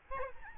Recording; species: mosquito wingbeat signal from an infrared sensor; Aedes albopictus